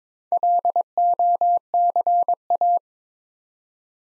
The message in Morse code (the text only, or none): LOCA